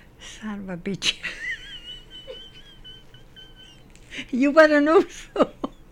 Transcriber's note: laughs